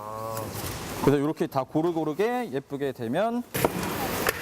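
A worker presses the plastic outer case of an air purifier part evenly over the finished assembly at four engagement points while someone talks. A sharp snap is heard at 4.3 s, and the case is seated.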